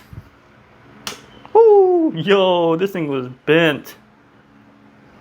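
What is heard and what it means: The locking pin is pulled out of a K24 timing chain tensioner, releasing the plunger against the chain guide with a sharp click at about 1.1 s. A faint tick follows at about 1.5 s, then someone talks. The pulled pin turns out to be bent.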